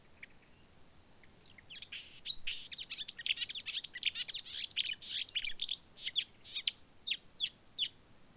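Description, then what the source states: Marsh warbler song building into a fast, dense stream of varied chirps, ending with spaced repeated notes. Recorded on 25 June 2020.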